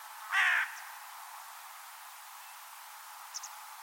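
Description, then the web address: Bird giving one harsh, grating call early on, followed by quiet hiss and two tiny faint ticks near the end. "Deverinetal 2025 File origin Bird Only"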